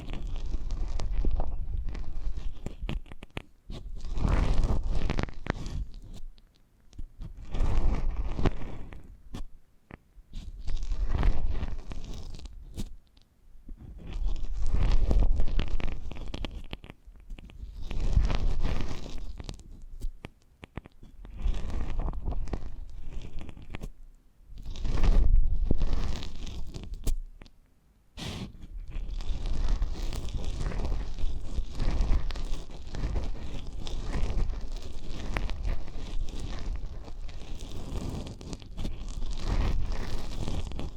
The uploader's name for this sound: ASMR Intimate Eardrum Massage